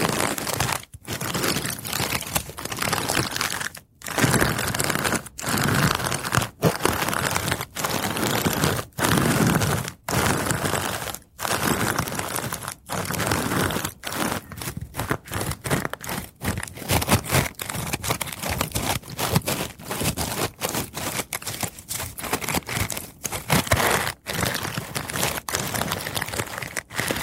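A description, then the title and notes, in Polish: Wood sounds: a dense, scratchy crackling runs almost without pause, like dry wood being rubbed, snapped or crunched. Brief silent gaps cut in irregularly, about every second or so, and they come more often in the second half. The texture stays bright and rough throughout. ZAŚNIJ PRZY DŹWIĘKACH DREWNA! ASMR po polsku.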